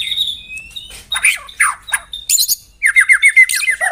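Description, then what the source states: White-rumped shama singing a jumble of whistled notes, harsh buzzy bursts and a quick run of repeated chirps near the end. Lure song used to attract birds.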